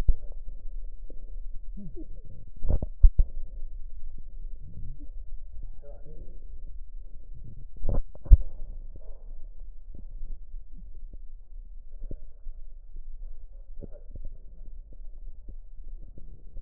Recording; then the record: lung sounds by stethoscope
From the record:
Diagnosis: emphysema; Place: left posterior upper chest